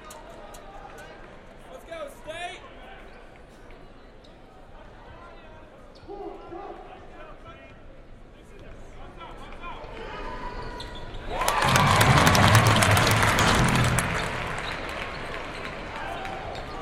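Indoor basketball game with a murmuring crowd and scattered voices in a large echoing hall, squeaks and short calls rising over the chatter early on. Around twelve seconds a loud burst of cheering and clapping swells, then eases back toward steady crowd noise.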